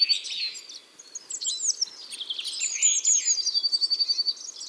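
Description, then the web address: Eurasian blue tit: busy, overlapping high thin notes and buzzy chatter, then a fast, even trill near the end. "SETE data Cyanistes caeruleus"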